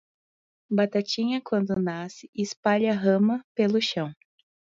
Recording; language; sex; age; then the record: short text; Brazilian Portuguese; female; 30 to 39 years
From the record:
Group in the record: control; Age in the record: 31 years